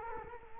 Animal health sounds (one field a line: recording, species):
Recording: mosquito wingbeat signal from an infrared sensor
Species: Culex quinquefasciatus